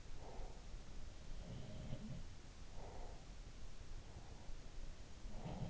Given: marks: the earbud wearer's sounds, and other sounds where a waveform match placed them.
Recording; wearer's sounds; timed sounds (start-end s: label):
sounds in sleep by an in-ear microphone; breath
0.00-0.76 s: breath
1.34-2.50 s: sound from someone else or the room
2.67-3.61 s: breath
5.06-5.70 s: sound from someone else or the room